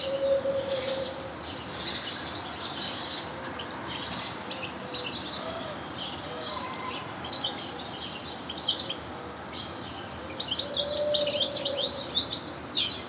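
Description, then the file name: European goldfinch song of quick twittering, tinkling notes in loose bursts with short pauses, over background noise. "Carduelis carduelis"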